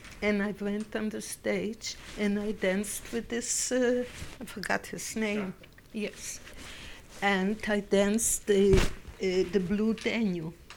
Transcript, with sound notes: And I went on the stage, and I danced with this, I forgot his name. ( voice off mike ) Yes. And I danced the Blue Danube,